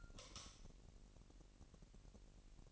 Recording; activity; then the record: daily activity, microphone in the room; light off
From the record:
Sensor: 4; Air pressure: 1002.7 hPa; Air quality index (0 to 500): 250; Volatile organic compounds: 13 ppm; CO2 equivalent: 2402 ppm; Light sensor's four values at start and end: 7/16/6/7 and 6/14/6/6